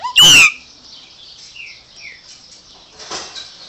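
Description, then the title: Chopi blackbird song: one loud ringing whistle, then two softer descending slurred notes, and a brief rustle near the end against a constant high hiss. "Passaro Preto"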